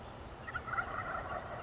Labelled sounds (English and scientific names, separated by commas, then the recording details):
Wild Turkey (Meleagris gallopavo)
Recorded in Sonoma County, California